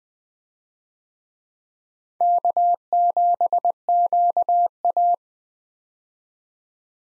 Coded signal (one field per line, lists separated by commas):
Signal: Morse code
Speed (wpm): 20 wpm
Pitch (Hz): 700 Hz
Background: none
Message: K7QA